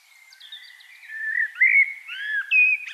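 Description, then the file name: Common blackbird song: a loud, rich warble of fluting whistles that swells toward the end, mixed with slurred and twisting notes. "Turdus merula"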